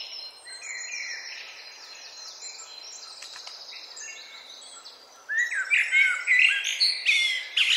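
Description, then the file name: Eurasian blackbird song: faint high twitters at first, then a loud mellow warbled phrase with squeaky high notes in the last seconds. "Turdus merula"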